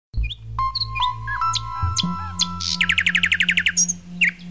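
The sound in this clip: Bird singing sweet whistles and thin chirps, then a fast run of about a dozen bright repeated notes, over a continuous low hum.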